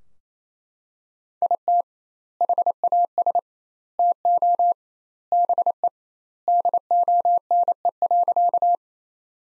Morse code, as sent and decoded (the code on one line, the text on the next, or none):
.. - / .... .- ... / - --- / -... . / -.. --- -. . .-.-.-
IT HAS TO BE DONE.